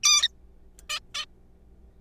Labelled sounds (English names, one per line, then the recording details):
Zebra Finch
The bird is a juvenile
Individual R3428